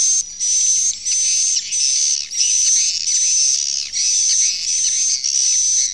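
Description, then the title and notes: Swiftlet calls in buzzy high bursts of about half a second each, broken by short pauses, with a steady thin tone running through them. Swiftlet sound used in swiftlet farming in Asia. "Swiflet Bird Sound. Farming Swiflet Bird asia sound"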